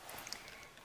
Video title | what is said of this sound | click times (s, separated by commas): Best Shark Vacuum - TOP 10 Shark Vacuum Cleaners | the back of the motorised floor brush and push down until you hear it click into place next | 0.3 s